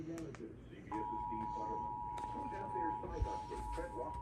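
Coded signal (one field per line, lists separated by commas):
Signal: Emergency Alert System (SAME) tones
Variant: 853 and 960 Hz attention tone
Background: speech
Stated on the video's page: Real severe thunderstorm warning alerts from California monsoon storms, received at the receiving station.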